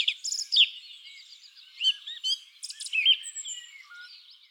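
Song thrush singing varied high phrases, with chirpy notes and short whistled slurs separated by brief gaps, with a faint thin whistle near the end.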